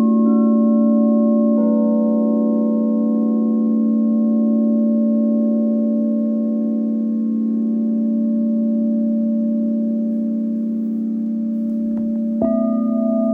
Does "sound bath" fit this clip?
yes